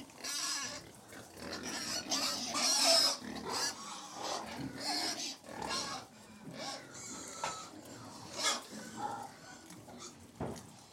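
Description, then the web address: Shrill pig squeals overlap with grunting and jostling, the loudest cries clustered early, then quieter scattered squeals and snorts. 100 pigs feeding; livestock. "The BBC Sound Effects Library - Livestock 100 Pigs Feeding"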